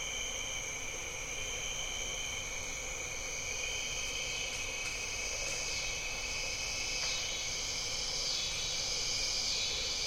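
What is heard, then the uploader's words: A diffuse evening chorus of bird-voiced treefrogs fills the whole ten seconds, a steady dense wash of high whistling trills layered in several bright bands. It thickens slightly toward the end, with a few faint clicks scattered around four to seven seconds and a low rumble underneath. Jessamine Bayou is a seasonally flooded forest in the heart of America's Amazon, the Mobile-Tensaw River Delta. These recordings are taken from overnight "drop rigs" left at the edge of a tributary surrounded cypress swamp and adjacent to a field of saw palmetto. Crickets and katydids tune up.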